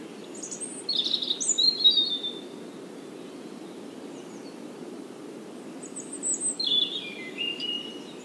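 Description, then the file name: European robin with two high, thin twittering phrases, one early and another after a long pause. "Erithacus rubecula"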